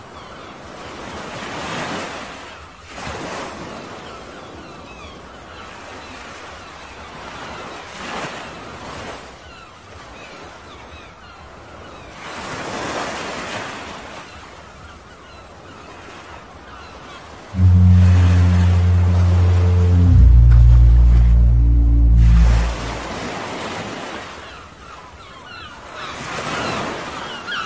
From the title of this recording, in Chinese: 海浪鸥鸣